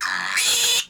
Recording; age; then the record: pig call; piglet (1 to 25 days)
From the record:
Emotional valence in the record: negative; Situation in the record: castration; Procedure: castration, shear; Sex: male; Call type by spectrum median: high-frequency call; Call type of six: mixed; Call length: 0.90 s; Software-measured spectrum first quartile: 2837 Hz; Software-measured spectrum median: 4437 Hz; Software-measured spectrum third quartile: 7573 Hz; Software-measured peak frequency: 3462 Hz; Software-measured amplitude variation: 101 dB a second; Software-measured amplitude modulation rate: 21.6 a second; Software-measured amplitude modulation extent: 4.7 dB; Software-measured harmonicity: 1.3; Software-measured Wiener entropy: -1.83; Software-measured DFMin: 974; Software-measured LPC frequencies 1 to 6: 1149, 1763, 2573, 3407, 4077, 5041 Hz